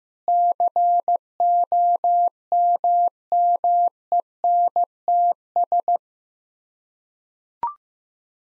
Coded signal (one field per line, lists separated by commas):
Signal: Morse code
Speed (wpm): 15 wpm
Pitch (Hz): 700 Hz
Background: none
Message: COMMENTS